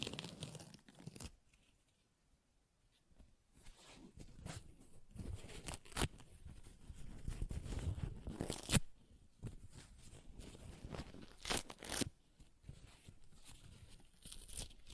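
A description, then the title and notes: Paper is ripped and torn in irregular bursts, with sharp bright rips near 1, 6, 8.7, 11.5 and 12 seconds. Between them come softer crinkling and rustling handling noises, with a near-silent pause from about 2 to 3 seconds. ASMR Paper Ripping Tearing Sounds (No Talking).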